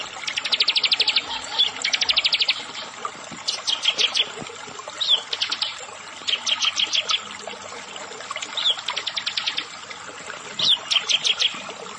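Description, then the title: Prinia song: rapid high buzzy trills of ticking notes in bursts of about a second, separated by short pauses, with a few sharper chirps between. "Ciblek Sawah"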